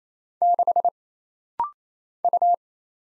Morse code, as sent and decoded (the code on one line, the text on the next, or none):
-.... / ..-
6 U